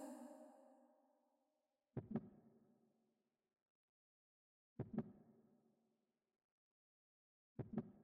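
Slow, regular paired lub-dub thumps, about 21 per minute, each with a long ringing echo: an ordinary heartbeat of an adult woman.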